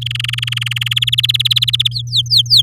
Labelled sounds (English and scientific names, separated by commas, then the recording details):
Domestic Canary (Serinus canaria) song
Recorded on 8 May 2018 at 07:46
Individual llb16